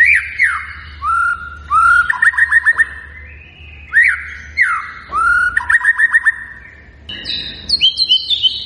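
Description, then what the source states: White-rumped shama song: loud rich whistles sliding down, then fast runs of rising chips and repeated clicking notes, phrases returning every couple of seconds with brief pauses. Singing persistently; lure recording meant to make other birds respond.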